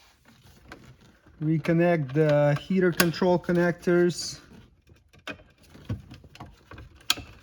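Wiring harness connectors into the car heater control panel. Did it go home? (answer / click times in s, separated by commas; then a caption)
yes / 5.3 s, 7.1 s. Plastic wiring harness connectors are pushed onto the heater control panel of a 2002–2006 Lexus ES300/ES330 during reinstallation. Someone talks first, then sharp clicks come at 5.3 s and 7.1 s among small handling taps. The connectors click in and are seated.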